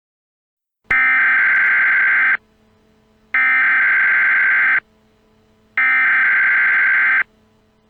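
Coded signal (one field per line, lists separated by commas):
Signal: Emergency Alert System (SAME) tones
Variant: header bursts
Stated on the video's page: Fictional EAS scenario containing valid SAME tones.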